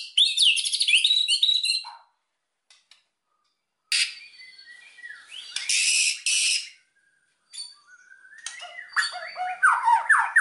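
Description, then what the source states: White-rumped shama song: a harsh, scratchy burst, a pause, then buzzy rasping phrases followed by rapid, varied whistled notes. Lure call used to attract white-rumped shamas for trapping.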